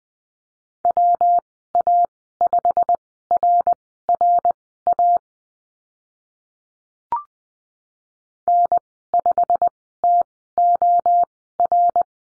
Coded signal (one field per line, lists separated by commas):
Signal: Morse code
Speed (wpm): 20 wpm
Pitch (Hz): 700 Hz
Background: none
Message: WA5RRA N5TOR